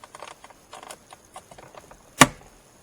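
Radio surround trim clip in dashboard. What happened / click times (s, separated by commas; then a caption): A plastic trim clip popped loose / 2.2 s. A pry tool works at the bottom corner of the plastic radio surround trim in the dashboard of a 2011–2015 Hyundai i30 GD, flicking it upward with a series of faint scraping and tapping sounds. At 2.2 s a retaining clip pops free with a single loud, sharp snap, and the trim releases.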